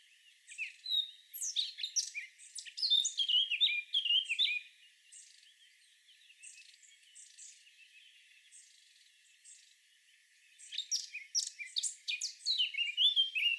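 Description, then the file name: Eurasian blackcap singing a fast, varied warble of high chirpy notes in two bursts, the first for about four seconds, then a quieter pause with faint notes, then another lively burst. "Sylvia atricapilla"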